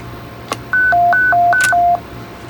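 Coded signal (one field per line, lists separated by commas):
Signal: roger beep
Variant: Stryker SR-955 setting 4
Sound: click, then six quick alternating high-low beeps over about 1.2 seconds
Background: radio static, key clicks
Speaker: there we go selected i think that's the one you're gonna want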